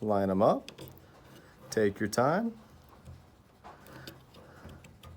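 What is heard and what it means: Someone talks while lining up the M wiring connector with the pins on the replacement control board of a Breckwell Big E pellet stove, ready to push it straight on. After the talking, faint small ticks and taps of handling are heard. The clip ends before the connector snaps home, so nothing has seated or clicked yet.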